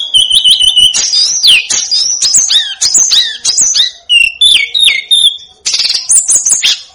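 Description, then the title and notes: Snowy-browed flycatcher song: high, thin whistled notes and quick slurred chirps in dense bursts, with steady tones broken by brief pauses. Masteran recording made for training cage birds; local names Tledekan Gunung and Sikatan Gunung. "Masteran Tledekan Gunung Sikatan Gunung 1. BURUNG TLEDEKAN"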